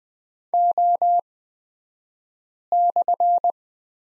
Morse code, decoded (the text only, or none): O/